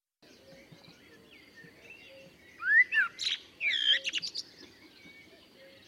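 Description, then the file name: Common blackbird song phrase of short mellow whistles followed by a burst of high chattering notes, over a steady background of other birds and faint noise. "Turdus merula"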